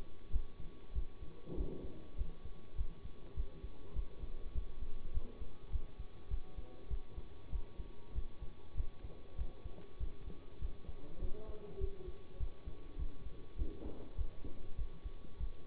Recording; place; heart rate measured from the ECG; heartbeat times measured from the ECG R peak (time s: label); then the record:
heart sounds by stethoscope; between the tricuspid and mitral areas; 99 bpm
0.30 s: heartbeat
0.93 s: heartbeat
1.55 s: heartbeat
2.15 s: heartbeat
2.75 s: heartbeat
3.34 s: heartbeat
3.93 s: heartbeat
4.52 s: heartbeat
5.12 s: heartbeat
5.70 s: heartbeat
6.28 s: heartbeat
6.88 s: heartbeat
7.50 s: heartbeat
8.13 s: heartbeat
8.75 s: heartbeat
9.36 s: heartbeat
9.98 s: heartbeat
10.59 s: heartbeat
11.19 s: heartbeat
11.78 s: heartbeat
12.37 s: heartbeat
12.96 s: heartbeat
13.56 s: heartbeat
14.15 s: heartbeat
14.76 s: heartbeat
15.38 s: heartbeat
From the record:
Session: bicycle stress test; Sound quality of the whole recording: good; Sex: male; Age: 24 years